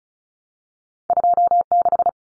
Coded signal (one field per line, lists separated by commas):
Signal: Morse code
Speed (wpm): 34 wpm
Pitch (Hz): 700 Hz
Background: none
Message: 26